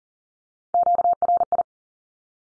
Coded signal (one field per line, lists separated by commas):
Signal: Morse code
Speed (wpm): 40 wpm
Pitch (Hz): 700 Hz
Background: none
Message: QRI